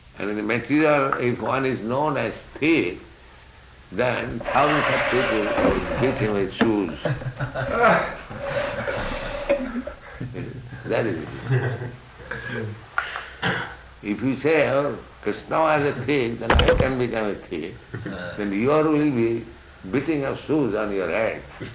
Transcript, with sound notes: And in the material, if one is known as thief, then thousands of people will beat him with shoes. [laughter] That is the difference. If you say, "Oh, Kṛṣṇa was a thief, then I can become a thief," then your will be beating of shoes on your head,